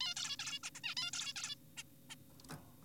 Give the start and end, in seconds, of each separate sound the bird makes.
0.01-0.15, 0.17-0.36, 0.39-0.59, 0.63-0.71, 0.75-0.81, 0.84-0.95, 0.97-1.11, 1.13-1.33, 1.36-1.55, 1.77-1.83, 2.10-2.15